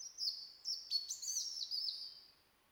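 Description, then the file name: European robin song: a continuous high, liquid phrase of fluttering trills and quick pitch jumps, fading out after about two seconds. "Erithacus rubecula"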